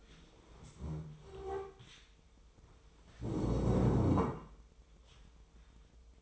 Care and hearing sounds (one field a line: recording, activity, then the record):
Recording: daily activity, microphone in the room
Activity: stand up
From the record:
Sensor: 1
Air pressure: 1005.4 hPa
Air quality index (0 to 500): 124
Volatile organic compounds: 5 ppm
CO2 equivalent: 1736 ppm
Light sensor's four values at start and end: 11/27/11/12 and 11/26/10/11